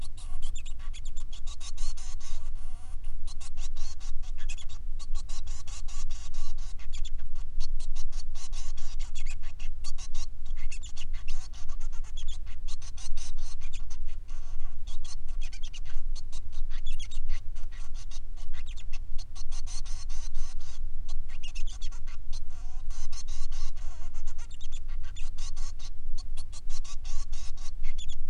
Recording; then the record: song of a male Bengalese finch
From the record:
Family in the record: son of father 3